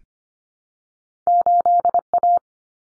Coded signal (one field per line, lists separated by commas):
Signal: Morse code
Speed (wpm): 25 wpm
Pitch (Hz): 700 Hz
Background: none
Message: 8A